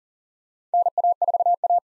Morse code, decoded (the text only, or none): NA4A